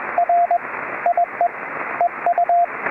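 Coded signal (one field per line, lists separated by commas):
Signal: Morse code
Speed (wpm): 20 wpm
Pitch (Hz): 700 Hz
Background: radio noise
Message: R IE EU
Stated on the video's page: CW contacts during a Summits on the Air activation, likely using an FT-818ND transceiver.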